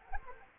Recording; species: mosquito wingbeat signal from an infrared sensor; Anopheles gambiae